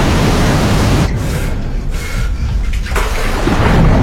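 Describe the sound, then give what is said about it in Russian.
Water gushes through a breach, filling a tunnel, in a loud, unbroken roar, a dense hiss and rumble that dips slightly for moments before surging back at full strength. No one speaks. “Вода льется через пролом, заполняя тоннель.”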